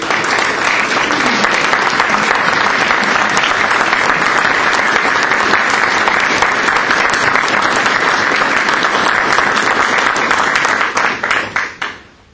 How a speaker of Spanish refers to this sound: Entonces quiero invitar a todos a dar un aplauso.